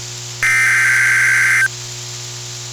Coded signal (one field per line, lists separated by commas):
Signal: Emergency Alert System (SAME) tones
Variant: header bursts